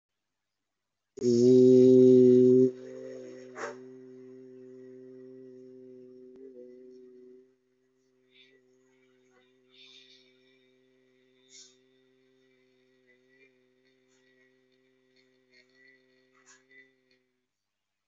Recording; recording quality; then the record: sustained vowel as in made; moderate, slight background noise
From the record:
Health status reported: healthy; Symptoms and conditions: none ticked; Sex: male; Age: 43 years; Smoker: not ticked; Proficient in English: no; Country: India